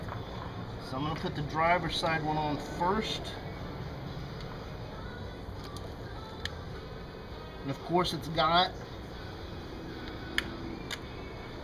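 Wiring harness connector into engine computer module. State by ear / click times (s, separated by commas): seated / 10.4 s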